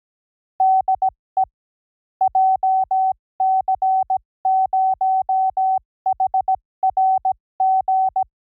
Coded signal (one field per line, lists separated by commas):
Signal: Morse code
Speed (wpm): 17 wpm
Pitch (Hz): 760 Hz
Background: none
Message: DE JC0HRG